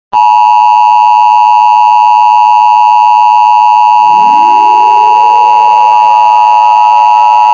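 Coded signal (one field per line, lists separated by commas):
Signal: Emergency Alert System (SAME) tones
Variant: 853 and 960 Hz attention tone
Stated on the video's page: EAS tones in a fictional nuclear escalation scenario, with text-to-speech.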